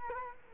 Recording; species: mosquito wingbeat signal from an infrared sensor; Culex quinquefasciatus